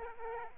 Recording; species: mosquito wingbeat signal from an infrared sensor; Aedes aegypti